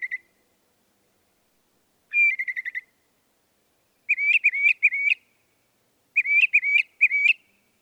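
Northern mockingbird song, a short note, then a phrase of quick notes, then two similar phrases of warbling notes, with pauses between.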